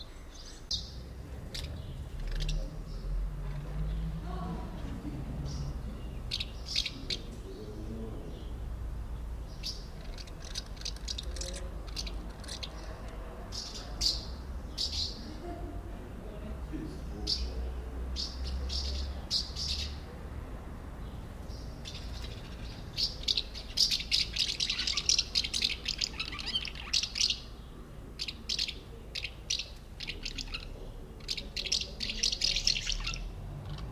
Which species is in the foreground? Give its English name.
Common House Martin